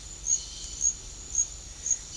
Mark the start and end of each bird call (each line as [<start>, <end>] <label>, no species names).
[0.31, 2.16] bird call